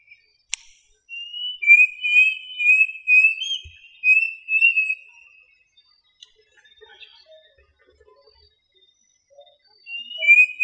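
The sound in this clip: Bird call: a steady series of high, throbbing whistled notes for several seconds, quieter scattered tones after, and the whistling starting again at the close.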